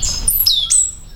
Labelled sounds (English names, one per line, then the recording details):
Stitchbird song
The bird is a male
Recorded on Tiritiri Matangi Island, New Zealand, in 2005
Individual 20, of nest box 28